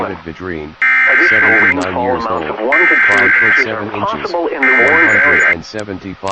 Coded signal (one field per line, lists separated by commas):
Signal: Emergency Alert System (SAME) tones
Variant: header bursts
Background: speech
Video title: *VAILD TONES* EAS Mock: When NOAA weather radio goes crazy